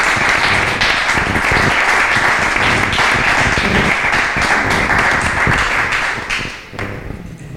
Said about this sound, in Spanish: Así que yo pido un aplauso para esta iniciativa porque me pareció alucinante, de verdad.